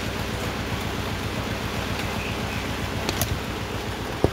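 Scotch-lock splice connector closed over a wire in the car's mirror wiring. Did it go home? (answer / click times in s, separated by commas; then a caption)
yes / 3.1 s, 3.2 s. A plastic scotch-lock (quick splice) connector is pressed closed over a wire in a car's mirror wiring, driving its metal blade into the wire until the lid latches. Against a steady broadband hiss, two sharp clicks are heard at 3.1 and 3.2 seconds, followed by a brief knock near 4.3 seconds. The connector is seated and locked shut.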